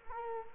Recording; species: mosquito wingbeat signal from an infrared sensor; Culex quinquefasciatus